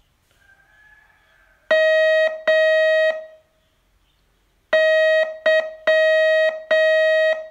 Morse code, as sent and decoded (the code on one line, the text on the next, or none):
-- / -.--
M Y